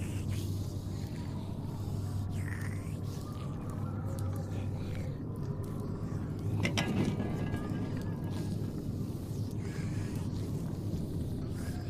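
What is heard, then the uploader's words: A zombie apocalypse ambience: a dense, steady low rumble fills the whole clip, with a faint mutter of voices under it. Brief thin whines and scrapes rise now and then, with a slightly louder, busier stretch around seven seconds. Zombie apocalypse ASMR Ambience.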